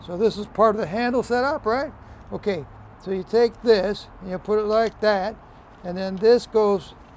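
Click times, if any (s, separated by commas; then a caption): none. A man talks while handling the dust extractor and handle attachment of a DeWalt Xtreme 12V Max 9/16" SDS Plus rotary hammer, positioning it to slide onto the hammer. There are faint handling sounds under the speech and a low background hum. Nothing has seated or clicked yet; the attachment is not yet home.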